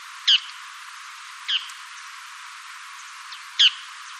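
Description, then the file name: Bull-headed shrike giving three sharp, separate high notes with quiet gaps between them. "mozu"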